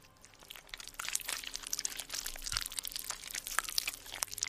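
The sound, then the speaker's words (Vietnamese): Crunchy, wet chewing of a raw silver carp by white ghostly figures who caught it in a pond, a steady stream of crackling, crisp bursts with uneven rhythm that keeps going for several seconds, with no voices. “Thỉnh thoảng có đứa nó nổi lên, nó cầm con cá mè trắng bạc, rồi sau đó nhai rau ráu.”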